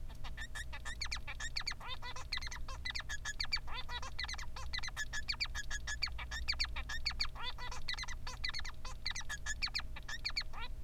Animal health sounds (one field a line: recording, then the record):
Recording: song of a male Bengalese finch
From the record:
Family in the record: son of father 3